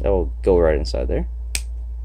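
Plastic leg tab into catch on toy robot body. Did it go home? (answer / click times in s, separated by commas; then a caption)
yes / 1.6 s. Someone talks while transforming a plastic toy robot, pushing its legs up so a small plastic leg tab goes into a catch on the body. A short, sharp snap is heard at 1.6 seconds as the tab seats in the catch.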